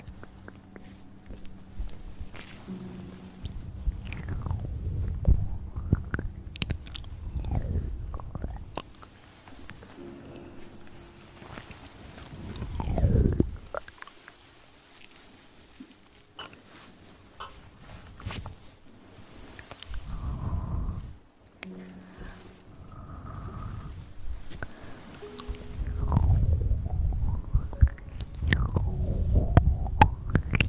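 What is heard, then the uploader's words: Mouth sounds mix with hand movements: wet chewing and biting noises, clicks, and rustling touches. Low thumping swells come around 5, 13, 21 and 27 seconds, with brief hummed tones between them. The sounds are uneven, with short quiet gaps. Relaxing Mouth Sounds & Hand Movements For Sleep.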